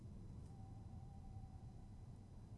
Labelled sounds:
Tawny Owl

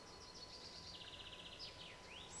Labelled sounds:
Common Chaffinch

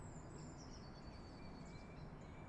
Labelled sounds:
Eurasian Blue Tit

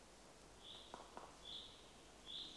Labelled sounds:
Common Chaffinch

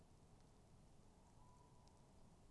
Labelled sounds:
Tawny Owl

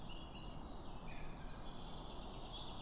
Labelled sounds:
Common Chiffchaff

